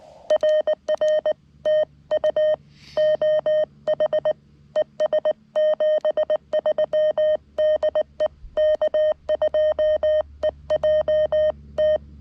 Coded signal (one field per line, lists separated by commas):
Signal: Morse code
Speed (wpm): 19 wpm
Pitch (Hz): 1850 Hz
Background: none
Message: RR TU OH ES 73 DE K2EJT